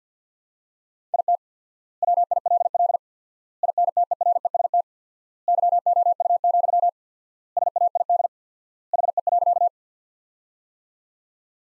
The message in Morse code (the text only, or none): IT WILL INTEREST YOU, SAID HE.